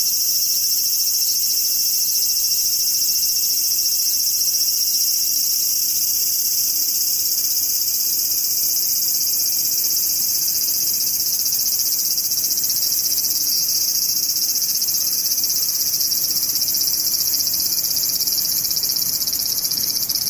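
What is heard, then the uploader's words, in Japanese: Cicadas drone in a steady, dense, high-pitched hiss that holds unchanged for the full twenty seconds, with a faint low rumble underneath. セミムシ。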